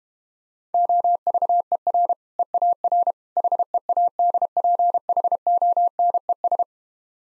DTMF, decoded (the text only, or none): none